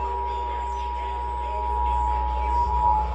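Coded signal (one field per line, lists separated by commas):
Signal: Emergency Alert System (SAME) tones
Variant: 853 and 960 Hz attention tone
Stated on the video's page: Texas Required Monthly Test originated from KTRH-AM and WBAP-AM.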